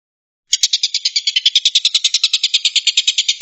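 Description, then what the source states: Stork-billed kingfisher giving a rapid, harsh rattling call after a brief silence, grating notes continuing to the end. Rapid "shooting" call, locally called tembakan.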